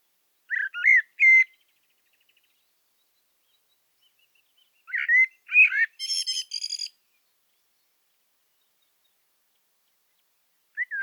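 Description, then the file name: Common blackbird calls: short rising and falling chirps near the start and middle, followed by a brief harsh chattering burst, then silence until another chirp at the end. "Turdus merula"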